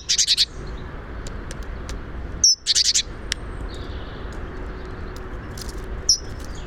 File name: Parus major